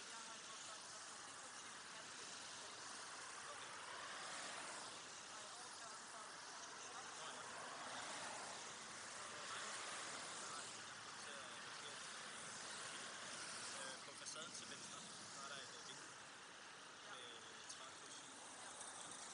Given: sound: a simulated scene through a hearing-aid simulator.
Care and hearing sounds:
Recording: conversation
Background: traffic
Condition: -6 dB SNR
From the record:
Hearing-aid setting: anchor resembling a broken hearing aid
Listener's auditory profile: D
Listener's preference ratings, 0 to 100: 1, 1, 1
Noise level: 75 dB SPL

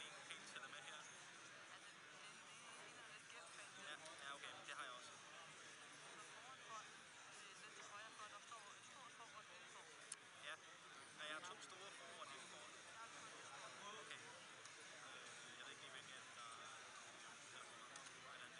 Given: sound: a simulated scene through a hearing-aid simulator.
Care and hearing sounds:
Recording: conversation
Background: cafeteria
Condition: -4 dB SNR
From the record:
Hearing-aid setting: I (fast-acting compression, audibility-based gain)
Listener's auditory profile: D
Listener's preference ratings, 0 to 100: 25, 47, 11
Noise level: 65 dB SPL

